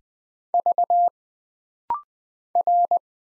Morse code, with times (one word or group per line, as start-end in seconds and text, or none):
0.5-1.1 V
2.6-3.0 R